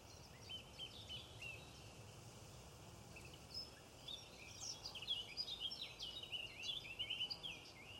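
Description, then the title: Robin song in scattered high chirps at first, then a faster, fuller warbling stretch of twittered notes toward the end. "Robin Birds Chirping"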